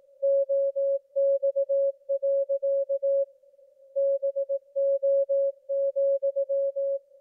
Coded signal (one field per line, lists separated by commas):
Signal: Morse code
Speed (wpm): 18 wpm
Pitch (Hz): 550 Hz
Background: music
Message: OX. BO,